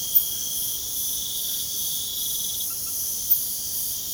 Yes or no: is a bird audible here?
no